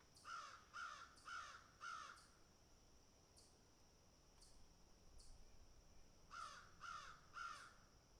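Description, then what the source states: Crow giving a run of four harsh caws, a pause with faint high clicks, then three more caws in quick succession. Crows picking and eating.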